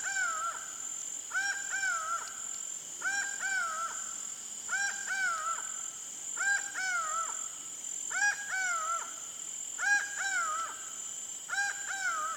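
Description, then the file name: Laughing Falcon giving a long series of double notes, evenly spaced roughly every 1.7 seconds, with constant high-pitched insect buzzing behind. Pantanal. "Acaua"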